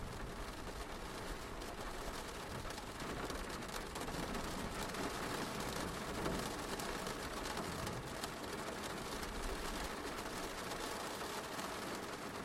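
Rain falls steadily throughout, a dense, even hiss of countless drops spread from low rumble to bright top. The level barely changes over the twelve seconds, with only slight swells around the middle and a faint low rumble underneath.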